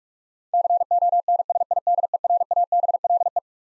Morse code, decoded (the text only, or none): CONSIDERABLE